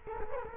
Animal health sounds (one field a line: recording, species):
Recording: mosquito wingbeat signal from an infrared sensor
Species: Culex quinquefasciatus